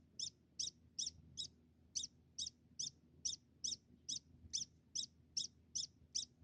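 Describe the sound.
Degu chirps: sharp, high squeaky notes repeated steadily about two or three times a second with a brief gap early on, over a quiet low hum.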